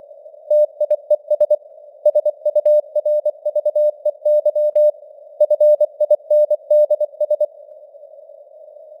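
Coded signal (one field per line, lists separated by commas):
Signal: Morse code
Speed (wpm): 24 wpm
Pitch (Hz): 600 Hz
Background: none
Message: TIES SURVEY FINDS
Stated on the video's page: News headlines in Morse at 24 wpm with simulated radio noise and QSB fading.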